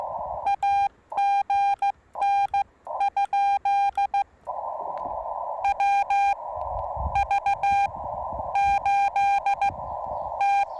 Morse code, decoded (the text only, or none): AGN? WV8T